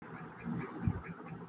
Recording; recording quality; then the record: deep breathing; poor, much background noise or distortion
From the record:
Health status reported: healthy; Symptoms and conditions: none ticked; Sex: male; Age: 26 years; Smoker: not ticked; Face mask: not worn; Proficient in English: yes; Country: India